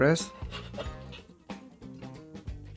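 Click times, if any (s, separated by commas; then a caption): none. Someone talks over background music while handling a refill part, either the aerosol refill can or the housing cover, and pressing it into a plastic Raid Max Advanced Automatic Multi-Insect Killer spray dispenser, with brief handling knocks near 1.5 s and 2.5 s. Nothing has seated or clicked yet.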